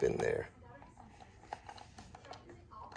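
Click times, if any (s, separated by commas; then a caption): 1.5 s. Someone talks briefly as a replacement part is pushed up into the housing of a Braava m6 robot mop. The part clicks into place at 1.5 s, followed by a few quieter handling ticks.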